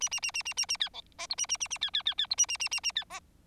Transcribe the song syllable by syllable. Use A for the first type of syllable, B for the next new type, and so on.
A A A A A A A B C D E A A A A B B B B E A A A A A B D